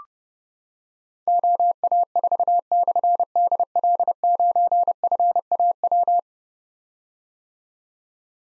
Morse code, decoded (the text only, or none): OA4/DL9FAW